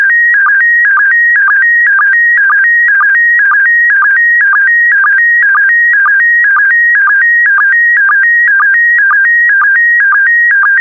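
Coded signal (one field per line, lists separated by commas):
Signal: SSTV (slow-scan television)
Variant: PD120 mode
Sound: steady warbling tone near 1.9 kHz, stepping lower and chirping about twice a second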